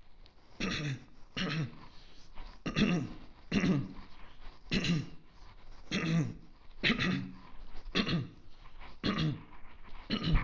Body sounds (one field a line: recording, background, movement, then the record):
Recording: throat clearing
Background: quiet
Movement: walking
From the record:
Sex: male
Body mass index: 22.0 kg/m2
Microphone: on the chest, facing the body